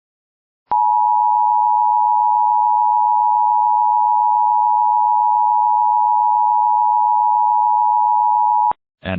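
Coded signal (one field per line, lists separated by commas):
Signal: Emergency Alert System (SAME) tones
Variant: 853 and 960 Hz attention tone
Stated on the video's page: Silver Alert received for the local county.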